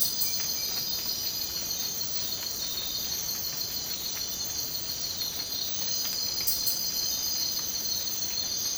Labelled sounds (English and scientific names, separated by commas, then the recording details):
none
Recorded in dense forest near Puerto Asís, Putumayo, Colombia, on 24 March 2025 at 04:00
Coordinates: 0.500, -76.322
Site GP06